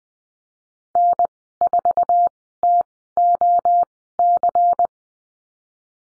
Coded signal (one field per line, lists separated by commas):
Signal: Morse code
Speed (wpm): 20 wpm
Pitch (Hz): 700 Hz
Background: none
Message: N4TOC